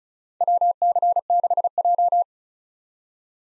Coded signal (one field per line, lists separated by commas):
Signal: Morse code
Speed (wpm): 36 wpm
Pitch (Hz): 700 Hz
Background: none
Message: WC6J